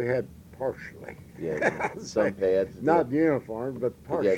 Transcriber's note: laughs